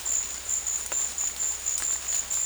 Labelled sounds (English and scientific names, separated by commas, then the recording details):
none
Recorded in dense forest near Puerto Asís, Putumayo, Colombia, on 18 February 2024 at 13:30
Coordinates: 0.484, -76.317
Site G6464